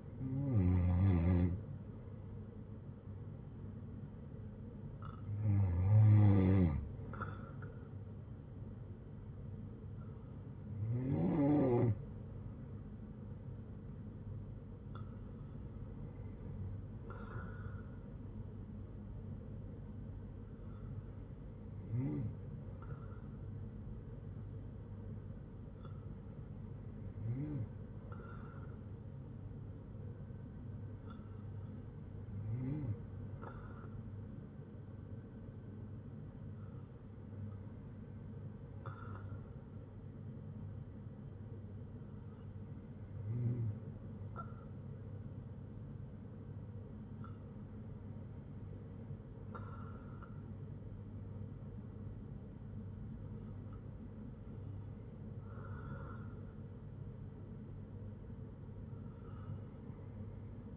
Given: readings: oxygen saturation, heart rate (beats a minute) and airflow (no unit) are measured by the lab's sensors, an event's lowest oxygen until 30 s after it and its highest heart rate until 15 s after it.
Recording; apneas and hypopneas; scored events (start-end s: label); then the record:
breathing in sleep by a smartphone at the bedside; none
none scored
From the record:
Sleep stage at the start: N2 (light sleep); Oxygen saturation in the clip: 94 to 96%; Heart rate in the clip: 57 to 68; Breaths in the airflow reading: 11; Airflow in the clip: -9.0 to 5.7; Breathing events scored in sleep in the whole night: 182 in 7.4 hours asleep